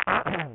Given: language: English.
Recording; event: throat vibration sensor signal played as sound; throat clearing